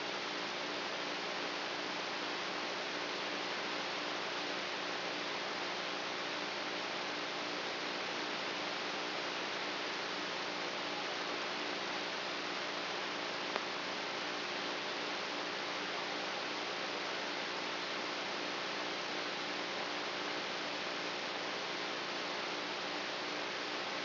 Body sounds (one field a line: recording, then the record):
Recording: brain microelectrode recording played as sound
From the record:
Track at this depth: inside the subthalamic nucleus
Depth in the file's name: 2.005 mm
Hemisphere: right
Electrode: 3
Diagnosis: Parkinson's disease